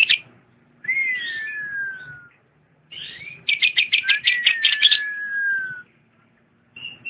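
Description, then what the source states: Lovebird song: long descending whistles alternating with a fast series of sharp chattering notes, between short silences. Champion lovebird song.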